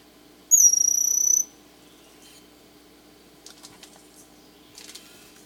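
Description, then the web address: Bronze-olive pygmy-tyrant call: one thin, very high trilled whistle lasting about a second, followed by faint scattered clicks and ticks. Recorded in Ecuador. "Natures Songs S America Birds of Ecuador Bronze-olive Pygmy-Tyrant"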